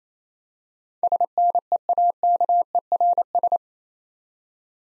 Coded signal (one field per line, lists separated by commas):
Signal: Morse code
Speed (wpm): 27 wpm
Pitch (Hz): 700 Hz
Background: none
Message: SNEAKERS